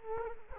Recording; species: mosquito wingbeat signal from an infrared sensor; Culex quinquefasciatus